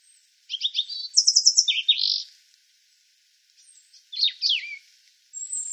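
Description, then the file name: European robin song: a phrase of high thin notes with a rapid trill, a pause, then more sharp tumbling high phrases. "Erithacus rubecula"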